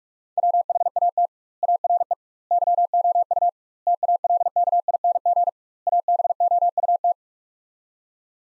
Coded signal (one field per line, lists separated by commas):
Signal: Morse code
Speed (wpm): 45 wpm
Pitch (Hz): 700 Hz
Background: none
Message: WHAT ARE YOU TALKING ABOUT